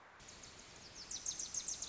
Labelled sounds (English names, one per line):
Wilson's Warbler